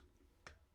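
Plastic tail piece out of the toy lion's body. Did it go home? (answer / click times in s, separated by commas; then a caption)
released / 0.5 s. The plastic tail of a toy lion is pulled out of its socket in the lion's body after it kept falling back in. A single small, sharp click is heard at 0.5 s against quiet low hum, and the tail comes free.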